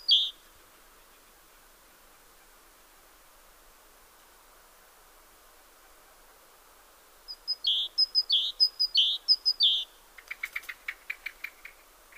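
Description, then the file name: Great tit with a single note, then a long quiet gap before a quick run of high-low phrases. "Parus major"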